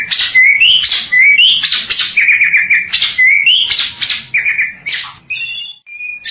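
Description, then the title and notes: Bird song of bright, rising slurred whistles and chattering bursts in quick phrases, some notes repeated several times in a row. "Bird Sound. Kicau Burung Lengkap"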